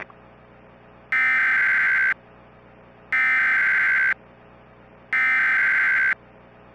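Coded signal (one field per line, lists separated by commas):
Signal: Emergency Alert System (SAME) tones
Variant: header bursts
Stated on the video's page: Valid EAS tones in a fictional squall line scenario.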